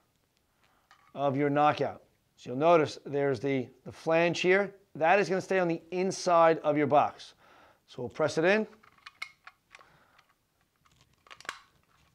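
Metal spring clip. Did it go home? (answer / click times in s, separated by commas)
yes / 11.5 s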